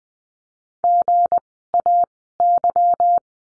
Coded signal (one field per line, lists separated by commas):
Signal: Morse code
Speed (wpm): 19 wpm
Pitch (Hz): 700 Hz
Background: none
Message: GAY